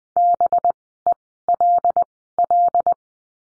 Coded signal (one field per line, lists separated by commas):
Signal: Morse code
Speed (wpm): 20 wpm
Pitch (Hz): 700 Hz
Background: none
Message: BELL